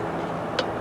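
A torque wrench tightens the opposite propeller bolt to 15 pounds in a cross pattern, with a steady broadband background throughout. The wrench gives one short, sharp click at 0.6 s, confirming the bolt has reached its 15-pound torque setting.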